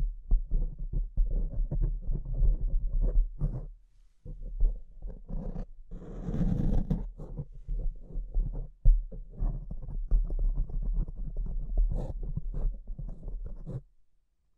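Mic scratching fills the clip with dense, rough rustling and scraping, mostly low and muffled, with a steady low rumble underneath. A brighter, hissier burst stands out around six to seven seconds, and the scratching drops out briefly near four seconds before stopping just before the end.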